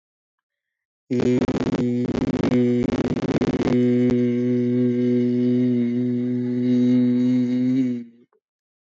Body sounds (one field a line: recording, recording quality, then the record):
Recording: sustained vowel as in beet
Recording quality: moderate, slight background noise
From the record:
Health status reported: COVID-19 positive, no symptoms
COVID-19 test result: positive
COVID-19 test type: RT-PCR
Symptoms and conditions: cough, fever, muscle pain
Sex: male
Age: 33 years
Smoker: yes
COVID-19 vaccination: both doses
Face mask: not worn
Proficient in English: yes